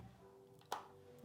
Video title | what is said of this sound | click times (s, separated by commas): Best Solar Power Bank Charger - 42800mAh Fast Charger Built-in Super Bright Flashlight | Right, to get that click sound, then I'm going to plug it into my charging case | 0.7 s